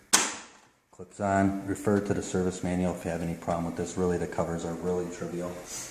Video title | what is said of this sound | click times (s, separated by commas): 09 T Dozer Epson P600 Conversion Re Assembling the Printer | it over the top first clips on | 0.1 s